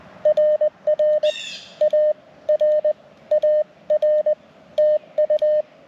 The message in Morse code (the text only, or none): RR AR AR TU